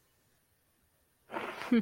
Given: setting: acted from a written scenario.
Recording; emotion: vocal sound without words; contempt